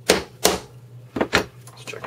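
A hammer taps a priming rod on a Lee Classic Rifle Handloader, driving a primer into the primer pocket of a brass cartridge case because it was not yet seated enough. Sharp taps land at 0.1, 0.45 and 1.4 seconds, followed by softer handling knocks. The primer ends up seated fully, nice and flush.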